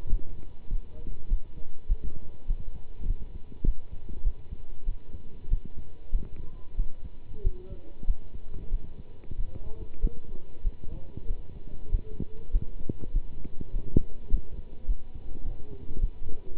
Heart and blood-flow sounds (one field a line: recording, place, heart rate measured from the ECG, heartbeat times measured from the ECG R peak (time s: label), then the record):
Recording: heart sounds by stethoscope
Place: between the tricuspid and mitral areas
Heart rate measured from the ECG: 98 bpm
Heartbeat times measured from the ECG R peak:
0.09 s: heartbeat
0.70 s: heartbeat
1.29 s: heartbeat
1.87 s: heartbeat
2.47 s: heartbeat
3.06 s: heartbeat
3.64 s: heartbeat
4.23 s: heartbeat
4.85 s: heartbeat
5.49 s: heartbeat
6.10 s: heartbeat
6.76 s: heartbeat
7.43 s: heartbeat
8.06 s: heartbeat
8.70 s: heartbeat
9.37 s: heartbeat
10.00 s: heartbeat
10.63 s: heartbeat
11.27 s: heartbeat
11.90 s: heartbeat
12.51 s: heartbeat
13.12 s: heartbeat
13.72 s: heartbeat
14.30 s: heartbeat
14.86 s: heartbeat
15.43 s: heartbeat
16.00 s: heartbeat
16.55 s: heartbeat
From the record:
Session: pedaling a stationary bicycle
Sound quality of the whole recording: good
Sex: male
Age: 27 years